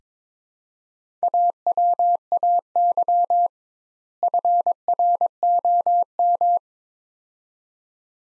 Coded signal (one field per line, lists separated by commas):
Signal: Morse code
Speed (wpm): 22 wpm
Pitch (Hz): 700 Hz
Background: none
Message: AWAY FROM